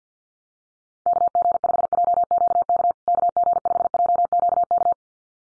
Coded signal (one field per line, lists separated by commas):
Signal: Morse code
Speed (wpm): 50 wpm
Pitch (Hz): 700 Hz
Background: none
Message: KG5JQK KG5JQK